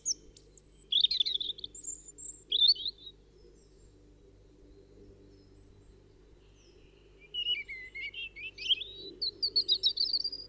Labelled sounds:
European Robin (Erithacus rubecula) song
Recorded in the wild
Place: Kaiserslautern, Rheinland-Pfalz, DE
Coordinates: 49.4358, 7.8376
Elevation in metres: 292
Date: 1977-03-15
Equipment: Nagra IV, Sennheiser MKH 405, Parabolreflektor
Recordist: Tretzel, Erwin

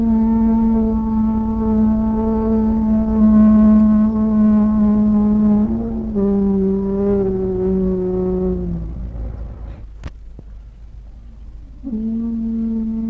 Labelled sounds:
Northern Elephant Seal (Mirounga angustirostris) howling
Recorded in captivity
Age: adult
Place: Zoo Berlin, Berlin, DE
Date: 1961-03-25 17:30
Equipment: Minifon, Kopie Smaragd
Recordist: Tembrock, Günter
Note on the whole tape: Nördlicher See-Elefant: Heulen, dabei Untertauchen. Abstand ca 8 m

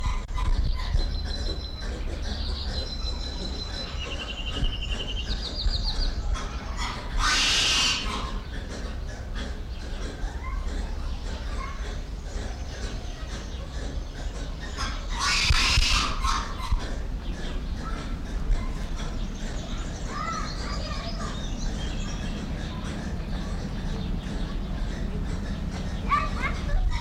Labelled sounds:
Black Lemur (Eulemur macaco)
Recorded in captivity
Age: adult
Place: Zoo Dresden, Sachsen, DE
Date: 1993-05-17 15:29
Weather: heiter, 22-26 °C
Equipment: Sony WM-D6C, Sennheiser ME 80, Kopie Uher Variocord 263
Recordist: Tembrock, Günter
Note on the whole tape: Laute in Gruppe (im Innenraum), dann 2 Tiere draußen, Kurzlaute

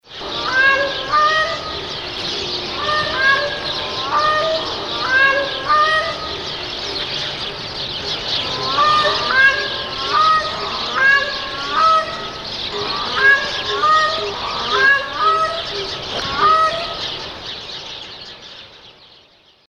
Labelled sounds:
Gray Crowned-Crane (Balearica regulorum)
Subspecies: gibbericeps
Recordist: Tembrock, Günter
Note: Heller Kronenkranich: Lautfolgen

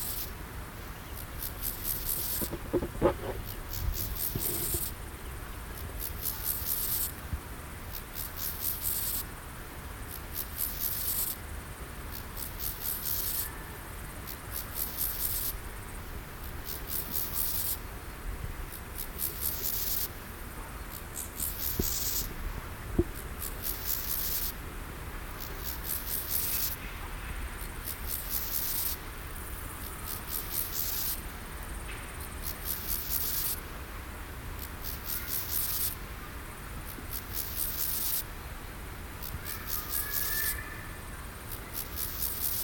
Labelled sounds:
Steppe Grasshopper (Chorthippus dorsatus) stridulation
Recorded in the wild
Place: Eutin, Holsteinische Schweiz, Schleswig-Holstein, DE
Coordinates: 54.132, 10.614
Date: 1992-09-20 15:32
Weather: Schatten: 17,9°C, Sonne: 23,5°C
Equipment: Marantz CP 430, Sennheiser ME 80, Kopie Tesla B 116
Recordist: Tembrock, Günter

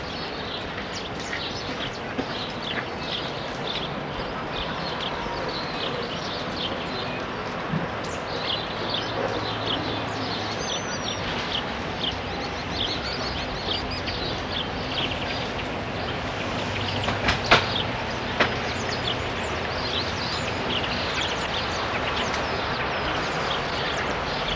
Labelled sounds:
Coal Tit (Periparus ater) song
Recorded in the wild
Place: Oberstdorf, Bayern, DE
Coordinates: 47.4436, 10.2944
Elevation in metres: 849
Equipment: Uher 4000 Report
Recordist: Tretzel, Erwin

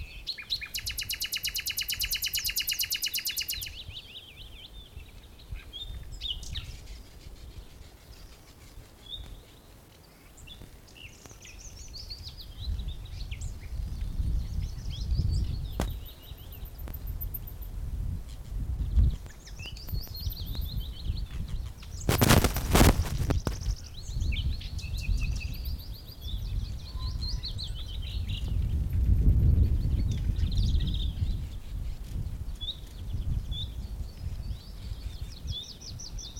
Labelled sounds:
Common Nightingale (Luscinia megarhynchos)
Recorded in the wild
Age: adult
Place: Blankenfelde, Berlin, DE
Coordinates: 52.625, 13.404
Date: 1992-04-25 11:26
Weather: böiger Wind, 16-23°C
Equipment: Nagra SN, Mikrofon AKG CK 8, Kopie Tesla B 116
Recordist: Tembrock, Günter

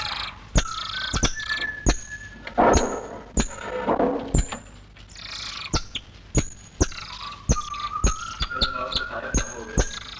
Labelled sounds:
Golden Lion Tamarin (Leontopithecus rosalia) call
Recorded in captivity
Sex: male
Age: adult
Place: Tierpark Berlin, Berlin, DE
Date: 1963
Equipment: Englisches Reportergerät, Kopie BG 26/1
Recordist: Altmann, Dagmar

